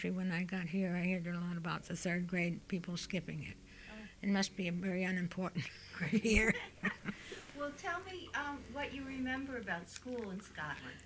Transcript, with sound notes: When I got here I heard a lot about the third grade, people skipping it.
Oh.
It must be a very unimportant grade. (they laugh)
Well, tell me what you remember about school in Scotland.